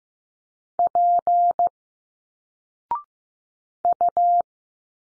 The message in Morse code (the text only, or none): P U